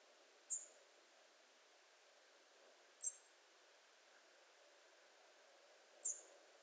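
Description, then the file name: European robin calls: three very high, thin, brief notes spaced roughly two and a half to three seconds apart, over a faint steady background hiss. "Erithacus rubecula"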